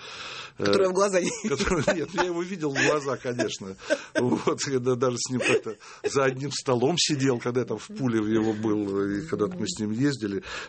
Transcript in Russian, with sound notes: Которого в глаза не видел? (Хохочет).
В.ДЫМАРСКИЙ: Нет, я его видел в глаза, конечно, я даже с ним как-то за одним столом сидел, когда я в ПУЛе его был. И когда-то мы с ним ездили.